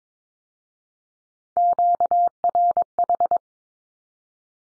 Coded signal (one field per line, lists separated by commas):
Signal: Morse code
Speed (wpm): 22 wpm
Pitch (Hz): 700 Hz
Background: none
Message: QRH